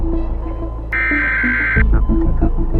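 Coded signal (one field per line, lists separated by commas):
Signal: Emergency Alert System (SAME) tones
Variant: header bursts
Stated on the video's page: Fictional zombie-themed EAS scenario.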